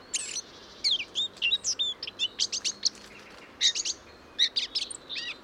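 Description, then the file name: Eurasian blackcap song in short bursts: clusters of sharp, high twittering notes separated by brief gaps, some notes slurred downward, over quiet background. "Sylvia atricapilla"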